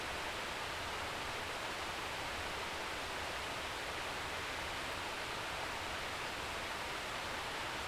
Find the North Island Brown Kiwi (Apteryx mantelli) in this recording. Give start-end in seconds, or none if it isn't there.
none